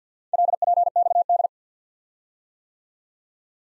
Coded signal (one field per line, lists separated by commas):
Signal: Morse code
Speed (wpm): 47 wpm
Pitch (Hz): 700 Hz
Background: none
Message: LPXD